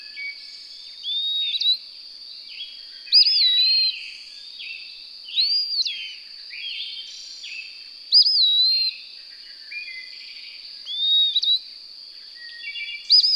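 Bird song: about six looping whistled phrases, each with an abrupt rise and softer trailing notes, repeated over a persistent shrill hum.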